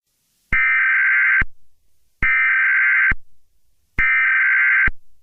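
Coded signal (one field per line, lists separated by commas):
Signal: Emergency Alert System (SAME) tones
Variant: header bursts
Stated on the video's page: Mock alert; warning that playing it over radio will activate the real EAS.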